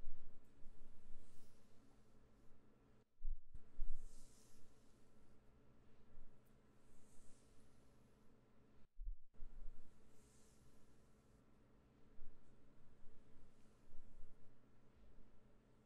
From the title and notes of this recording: Relaxing hands sounds and hair brushing and mouth sounds for sleep (no talking).